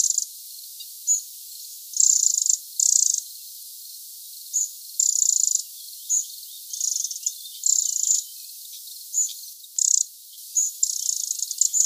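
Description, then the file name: Eurasian wren calling with a string of high, harsh buzzy rattles, short chips mixed with longer bursts, irregularly spaced over about twelve seconds. "Troglodytes troglodytes"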